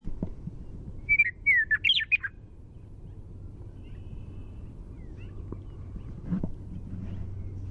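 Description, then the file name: Western meadowlark song, one rich phrase of descending flute-like whistles ending in a tumbling warble, followed by faint chirps and low hum. Primary song. "WEME-Primary Song"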